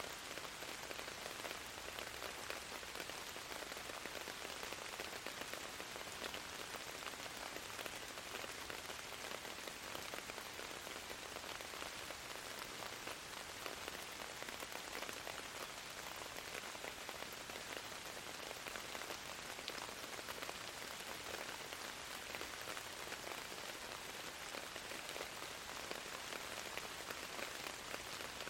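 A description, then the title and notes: Gentle rain falls steadily for the whole clip, a dense, even hiss made of countless fine drops pattering on a surface. The sound sits mostly in the bright upper range, with little low rumble, and its level never rises or falls. Gentle rain for 7 more hours.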